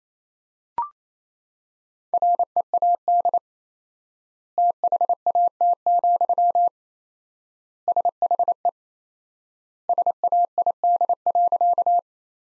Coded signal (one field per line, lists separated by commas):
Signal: Morse code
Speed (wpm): 28 wpm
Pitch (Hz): 700 Hz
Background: none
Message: READ THAT, SHE SAID.